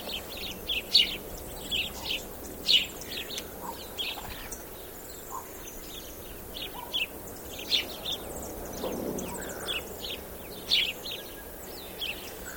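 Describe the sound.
Sparrows chirping, short bright chirps in scattered bursts, several birds calling over a soft background hiss.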